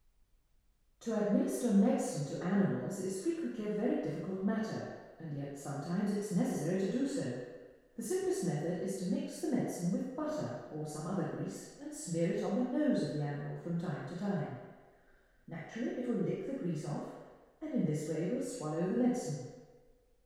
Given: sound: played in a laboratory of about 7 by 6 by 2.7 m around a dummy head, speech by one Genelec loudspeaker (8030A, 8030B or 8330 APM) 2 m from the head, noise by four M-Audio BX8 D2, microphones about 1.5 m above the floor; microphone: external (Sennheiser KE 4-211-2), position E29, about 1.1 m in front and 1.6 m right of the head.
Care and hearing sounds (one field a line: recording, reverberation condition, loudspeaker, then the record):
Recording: female speech in English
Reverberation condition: high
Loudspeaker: 90 degrees to the right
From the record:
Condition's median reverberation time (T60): about 1300 ms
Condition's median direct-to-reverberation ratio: about -4.0 dB